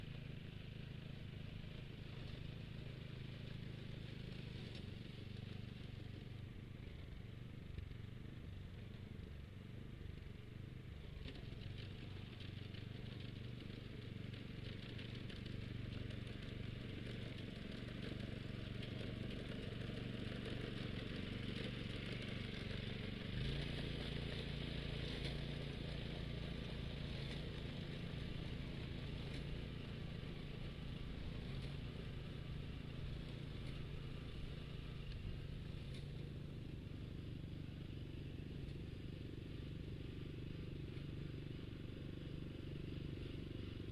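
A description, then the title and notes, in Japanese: A binder rice harvester runs steadily, its small engine chugging with a low, continuous drone throughout as it cuts the rice row by row and ties it into bundles. Around the midpoint the engine note shifts slightly lower and steadier, with faint rustling and clatter above. バインダーという稲刈り機で、1列ずつ稲を刈り、束にしていきます。バインダーで稲刈り、ハザ掛け。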